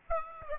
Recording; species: mosquito wingbeat signal from an infrared sensor; Aedes aegypti